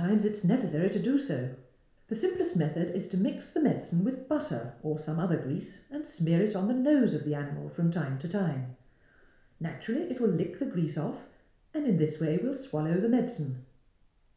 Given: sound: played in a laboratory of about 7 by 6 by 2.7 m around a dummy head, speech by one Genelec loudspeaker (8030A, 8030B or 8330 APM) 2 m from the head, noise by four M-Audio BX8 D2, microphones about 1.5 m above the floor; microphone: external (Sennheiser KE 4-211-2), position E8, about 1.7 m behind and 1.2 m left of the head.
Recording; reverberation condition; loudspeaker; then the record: female speech in English; medium; 120 degrees to the left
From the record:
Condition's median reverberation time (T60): about 510 ms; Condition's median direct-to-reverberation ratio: about -0.5 dB